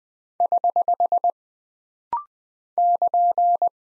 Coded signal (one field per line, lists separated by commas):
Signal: Morse code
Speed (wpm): 20 wpm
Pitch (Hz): 700 Hz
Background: none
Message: <HH> <KN>